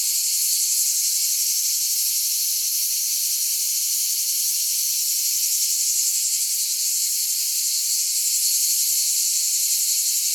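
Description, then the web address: Cicada buzzing, a continuous, steady, high-pitched hiss-like drone with a fine pulsing texture and no pauses throughout. "cicale"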